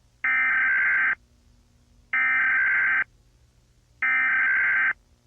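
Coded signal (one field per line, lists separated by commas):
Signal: Emergency Alert System (SAME) tones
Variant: header bursts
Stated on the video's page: Fictional EAS scenario.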